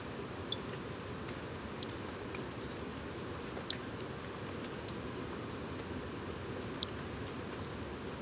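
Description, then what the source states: Pinchon's robber frog calling: brief, high, clear chirps at irregular intervals, a few louder than the rest, over a low steady hiss. Tiny frog recorded 10 November 2018 at Moscou, heights of Gourbeyre, Guadeloupe, 736 m altitude near national park edge, in persistent rain; only in Basse-Terre forests, also sings by day, insect-like crystal note.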